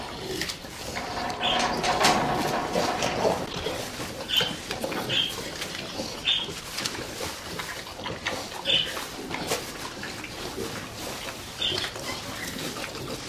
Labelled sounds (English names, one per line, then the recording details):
Hamadryas Baboon call
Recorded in captivity
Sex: group
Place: Tierpark Görlitz, Sachsen, DE
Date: 1988-02-24 10:31
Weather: bedeckt, ca. 0°C
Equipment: Nagra SN
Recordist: Tembrock, Günter
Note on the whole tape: Gruppe (ein Männchen, fünf Weibchen): diverse Laute, dann nach Fütterung bzw. bei Futtersuche